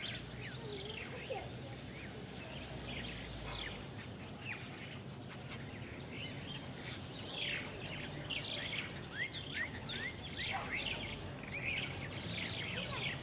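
Many birds of different kinds chirp and twitter over each other in a park tree, a dense, steady stream of bright calls over low rumble.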